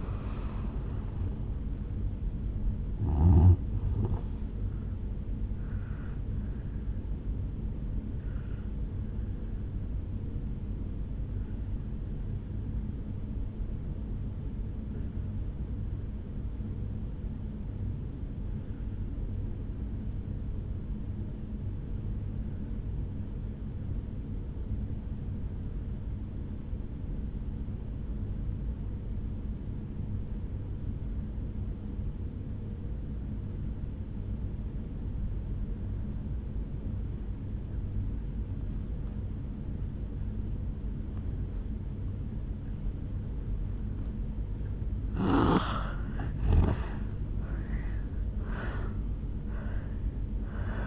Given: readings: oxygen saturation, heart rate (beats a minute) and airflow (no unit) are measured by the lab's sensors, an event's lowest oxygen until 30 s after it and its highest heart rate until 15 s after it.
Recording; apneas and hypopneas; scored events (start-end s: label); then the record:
breathing in sleep by a smartphone at the bedside; 1
6.00-50.87 s: new sleep stage, N1 (lightest sleep)
11.00-45.00 s: obstructive apnea (N1, oxygen 97% highest, then 82% lowest, heart rate 57 at the start, 76 highest)
From the record:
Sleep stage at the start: N2 (light sleep); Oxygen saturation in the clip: 84 to 97%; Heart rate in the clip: 55 to 76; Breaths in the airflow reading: 4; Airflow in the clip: -12.7 to 9.0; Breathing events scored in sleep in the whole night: 449 in 7.0 hours asleep